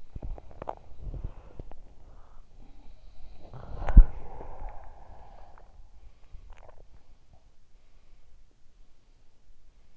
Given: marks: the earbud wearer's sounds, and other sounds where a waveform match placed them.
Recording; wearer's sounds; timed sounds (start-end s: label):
sounds in sleep by an in-ear microphone; body movement, breath, swallowing
0.00-4.54 s: body movement
2.09-2.91 s: breath
3.00-5.74 s: sound from someone else or the room
6.01-9.40 s: sound from someone else or the room
6.49-7.64 s: swallowing